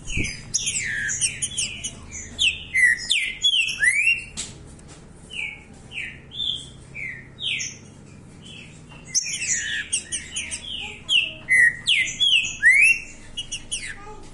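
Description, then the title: Green-winged saltator song: bursts of slurred, whistled notes, many falling in pitch, delivered in quick phrases with brief pauses, and thin high chatter above. Song variant labelled 'Voz 07'; said to sing like this constantly, all year round. "Canto De Trinca Ferro Voz 07. O ANO TODO DESSE JEITO, ESSE TRINCA FERRO CANTA DIRETO"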